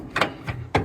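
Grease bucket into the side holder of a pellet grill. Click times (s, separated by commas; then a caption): 0.8 s. A metal grease-collection bucket is slid back up into its holder on the side of a Traeger Ironwood pellet grill, with scraping knocks around 0.2 s and 0.5 s. It snaps into place with a sharp click at 0.8 s, and the bucket is seated.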